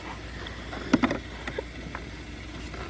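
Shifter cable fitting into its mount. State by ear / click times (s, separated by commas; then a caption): not seated / none. A shifter cable fitting on a 2000 Isuzu Rodeo 3.2 is pushed into its mount, giving a few short knocks and taps around 0.9 to 1.1 seconds over a steady low background hum. No snap is heard, so the fitting has not seated or clicked into place.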